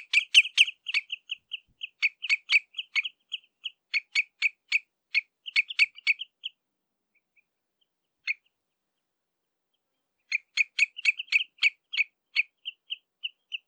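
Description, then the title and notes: Common redshank contact calls, rapid sharp piping notes in quick bursts, a gap of about four seconds broken by one lone note, then another fast burst tapering to softer single notes. Contact calls exchanged between redshanks at De Wilck, Benthuizen, on 27 May 2020. "Tureluur -Tringa totanus – Redshank. De Wilck, Benthuizen"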